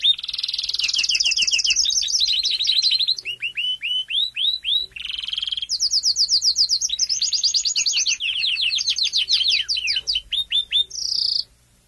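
Domestic canary singing nonstop, fast chirp runs, short buzzy rolls and falling notes in quickly changing phrases before stopping near the end.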